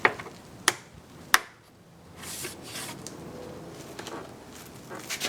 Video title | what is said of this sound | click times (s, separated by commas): How to get water out of a 2002 Acura MDX Taillight | push them in until they click. | 0.7 s, 1.3 s